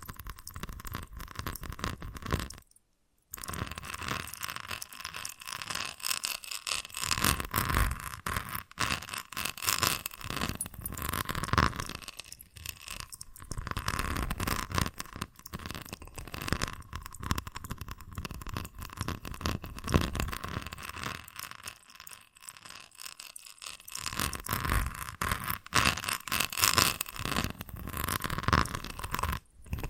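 Tapping, scratching and tracing sounds run in dense, quick strokes with a rough, crackly texture, like brushing and scraping over a surface. The activity is nearly continuous, with a brief silence around three seconds and another gap at the very end.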